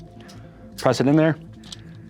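Someone talks as a button under the folding arm brace is pressed and the brace is pushed in against the pistol frame. A sharp click at 1.7 s marks the brace locking into its collapsed position.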